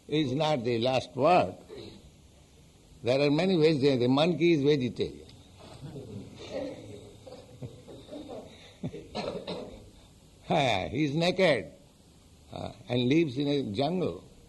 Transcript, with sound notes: is not the last word. There are many vegetarians. The monkey is vegetarian. [chuckles] He's naked and lives in a jungle.